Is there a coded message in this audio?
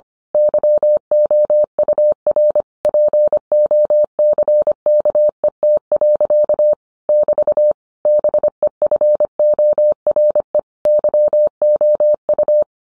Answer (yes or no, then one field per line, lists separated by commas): yes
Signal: Morse code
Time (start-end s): 0.3-12.6 s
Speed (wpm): 25 wpm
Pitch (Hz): 600 Hz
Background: none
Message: YOUR POCKET. <BT> BEFORE YOU